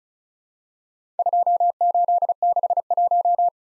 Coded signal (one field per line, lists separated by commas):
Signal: Morse code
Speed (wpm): 36 wpm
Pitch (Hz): 700 Hz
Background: none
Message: 2861